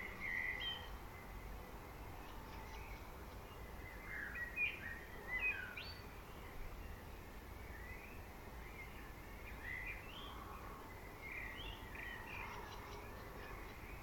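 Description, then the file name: Common blackbird's mellow warbled phrases, repeated every few seconds, some ending in higher twittery notes, with steady low background noise. "Turdus merula"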